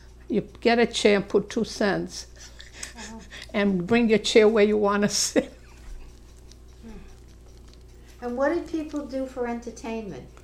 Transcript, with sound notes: you'd get a chair and put two cents and bring your chair where you want to sit. ( she laughs )
Huh. And what did people do for entertainment?